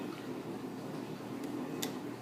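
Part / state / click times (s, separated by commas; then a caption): rubber loom band onto plastic loom peg / seated / 1.8 s. A rubber loom band is pushed onto a plastic loom peg while making a bracelet, over a steady low background hum. A faint tick comes near 1.4 s, then a sharp, bright click at 1.8 s as the band snaps onto the peg and is seated.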